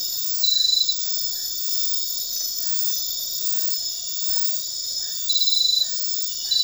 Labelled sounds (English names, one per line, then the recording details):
none
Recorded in dense forest near Puerto Asís, Putumayo, Colombia, on 18 February 2024 at 01:00
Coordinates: 0.500, -76.322
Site G6465